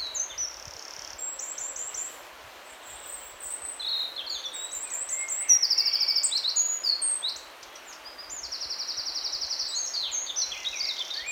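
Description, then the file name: Eurasian wren song in bursts of fast, high trills and tinkling notes, one long rattling trill standing out near the end, with a steady hiss behind. "Troglodytes troglodytes"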